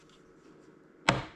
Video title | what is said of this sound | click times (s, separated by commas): Krups Beer Sub, review home beer dispenser , is it worth it ? | not too sure on that part but anyway that clicks back inside there that | 1.1 s